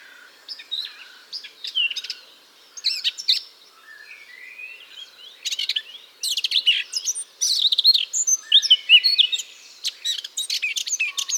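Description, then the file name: Eurasian blackcap song starting with soft scattered twitters, then building into loud, dense, hurried warbling with sharp chips and slurred whistles. "Sylvia atricapilla"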